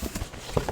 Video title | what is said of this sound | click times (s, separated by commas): CEREAL, CEREAL, CEREAL! Plus a special guest! | top will snap right in there you go guys right | 0.6 s